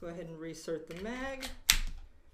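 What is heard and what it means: Someone talks while handling a Sig Sauer P365 pistol after reassembly, with the magazine about to be pushed back into the pistol grip. A short sharp handling noise is heard near 1.7 s, but the magazine has not seated or clicked into the grip yet.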